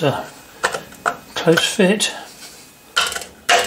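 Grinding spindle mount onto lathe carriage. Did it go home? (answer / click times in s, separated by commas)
yes / 3.0 s, 3.5 s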